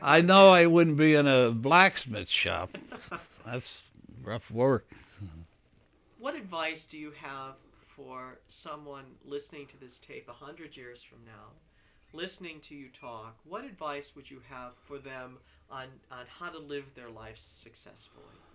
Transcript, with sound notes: I know I wouldn't be in a blacksmith's shop. (laughs) That's rough work.
What advice do you have for someone listening to this tape a hundred years from now, listening to you talk, what advice would you have for them on, on how to live their life successfully?